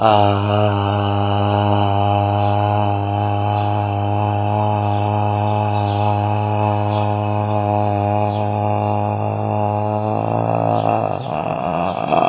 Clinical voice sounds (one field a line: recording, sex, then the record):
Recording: sustained vowel /a/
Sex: male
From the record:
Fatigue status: no fatigue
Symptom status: asymptomatic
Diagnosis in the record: COVID-19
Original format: 3gp